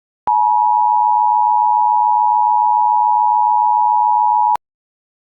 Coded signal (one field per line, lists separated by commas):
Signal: Emergency Alert System (SAME) tones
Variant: 853 and 960 Hz attention tone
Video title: EAS Scenario: May 3rd 1999 Bridge Creek-Moore Tornado Emergency